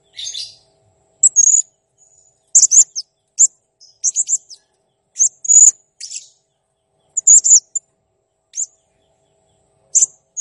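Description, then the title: Blue-crowned hanging parrot song: very high, thin squeaky chirps in short bursts, scattered irregularly with brief pauses between groups. Clear, lively singing used to train other birds. "Masteran Burung Serindit Masteran Serindit Gacor Jernih"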